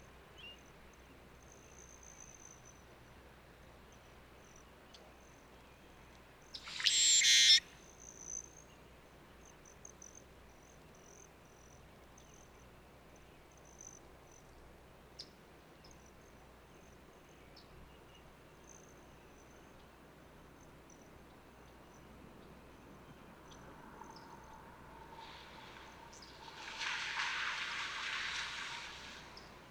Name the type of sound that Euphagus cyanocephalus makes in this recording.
song